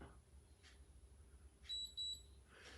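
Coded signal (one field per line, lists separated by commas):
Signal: beep code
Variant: ageLOC Galvanic Spa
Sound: two short high-pitched beeps close together amid soft rustling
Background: rustling, small room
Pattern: 2 short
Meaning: Two beeps mean the skin is already fairly well hydrated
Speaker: So those beeps are literally telling me like how hydrated my skin is. So it'll have 1 beep, 2 beeps, or 3 beeps. So my skin's already pretty hydrated because I got 2 beeps.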